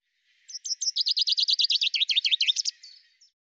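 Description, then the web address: Common chaffinch song: a few spaced opening notes, then a brisk descending trill of many notes and a terminal flourish with a short final note. "cianscape birddata Deverinetal 2025 Bird Fr Co Fr Co"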